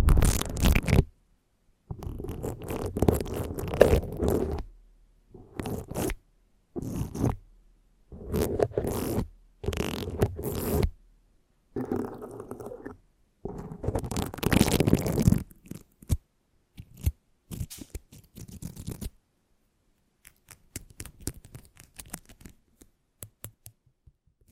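Rough scratching and rubbing on a microphone comes in loud, dense bursts of a second or two, separated by short dead silences. After about 19 seconds the scratching thins into quieter, sparse ticks and light scrapes that trail off toward the end.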